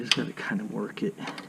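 Someone talks while working the metal retaining clip on a hood strut end fitting by hand, with short mechanical rattles and handling noises. The clip has not snapped into place yet; nothing has seated or clicked.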